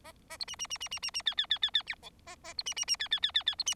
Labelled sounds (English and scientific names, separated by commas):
Bengalese Finch (Lonchura striata domestica) song